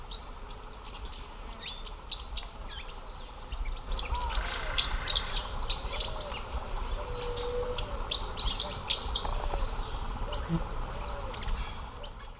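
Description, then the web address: Blue-winged parrotlet flight calls: short, high chirps scattered irregularly throughout, partly masked by a steady high insect drone and low rumbling background noise. Flight calls, recorded in the Eastern Lowlands of South America. "Natures Songs S America Eastern Lowlands. Forpus xanthopterygius"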